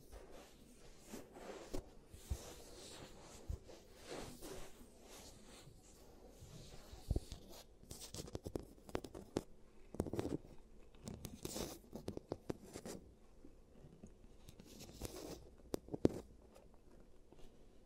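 Giant teeth treatment sounds: a steady run of dry clicks, taps and scraping strokes, irregular and fairly dense, with bright hissy scrapes. The activity thickens from about 8 to 13 seconds, and a sharp, louder click lands near 16 seconds.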